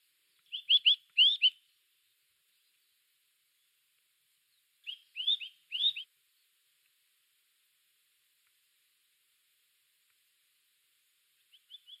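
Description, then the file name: Bird song: two brief bursts of bright, clipped chirps about four seconds apart, separated by silence, with a faint third burst at the end. "chant oiseau"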